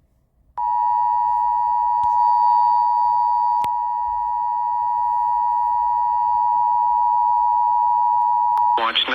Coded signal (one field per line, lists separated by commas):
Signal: Emergency Alert System (SAME) tones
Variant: 853 and 960 Hz attention tone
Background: speech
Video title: Eas 2 svas in Hawaii Eas#406- 407